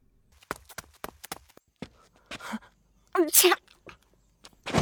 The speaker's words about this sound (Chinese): 正吹焦天刃的展昭突然一个喷嚏，伸手揉鼻子